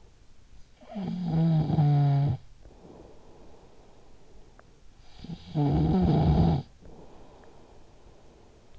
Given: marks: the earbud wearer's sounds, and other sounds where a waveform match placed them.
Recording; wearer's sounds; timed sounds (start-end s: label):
sounds in sleep by an in-ear microphone; snoring breath
0.36-4.59 s: snoring breath
4.96-8.79 s: snoring breath